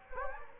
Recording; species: mosquito wingbeat signal from an infrared sensor; Anopheles gambiae